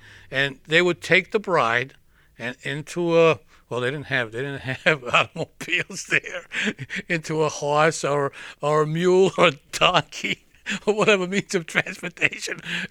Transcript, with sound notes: And they would take the bride into a, well, they didn't have, they didn't have automobiles there. (he laughs) Into a horse or, or mule or donkey, or whatever means of transportation.